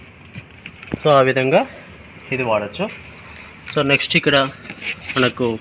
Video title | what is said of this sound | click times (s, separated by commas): Car లోని interior Functions ను ఎలా వాడాలి.?- ఏ Function ఎలా పని చేస్తుంది.- Car interior Functions | అక్కడ సెట్ అయిన తర్వాత ఇట్లా వదిలిపెట్టేస్తే లాక్ అయిపోతుంది. | 0.7 s